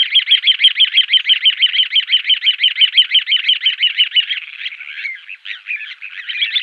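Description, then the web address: Little ringed plover display trill: rapid, evenly repeated buzzy notes about four seconds long, breaking into rougher, irregular calls at the end. A pair performing display. "Schulze Peter Little Ringed Plover"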